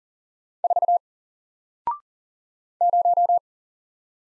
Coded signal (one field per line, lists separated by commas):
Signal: Morse code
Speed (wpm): 42 wpm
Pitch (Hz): 700 Hz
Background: none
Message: 4 0